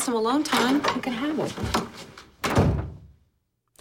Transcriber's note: soundbite of door closing